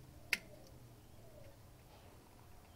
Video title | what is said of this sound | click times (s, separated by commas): Replacing noisy Drive Bearings - Fisher and Paykel Washing Machine (Direct Drive Top Loader) | sits down and then locks in place I'm going to call that the crank angle sensor | 0.3 s